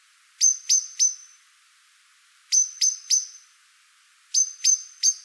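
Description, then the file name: Eurasian blackbird chinking in three evenly spaced bursts of three metallic notes, each burst about two seconds apart. "Turdus merula"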